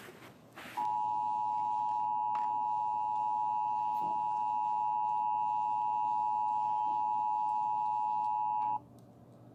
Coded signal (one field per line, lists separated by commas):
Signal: Emergency Alert System (SAME) tones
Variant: 853 and 960 Hz attention tone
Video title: Pre defended EAS Alerts Play Mock and make EAS alerts